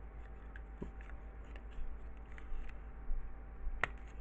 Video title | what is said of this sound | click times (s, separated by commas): NFL crossover steelsmash review | There we go. And it'll sort of soft click into place. | 3.8 s